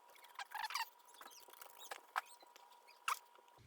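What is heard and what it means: A screw is driven through the door latch faceplate into the edge of the door, with a concern that the holes might be stripped. A series of small, light driving taps and scrapes ends in a sharp knock at 3.1 s as the screw seats. The latch plate screw goes home without stripping.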